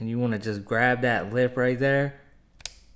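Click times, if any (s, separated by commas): 2.7 s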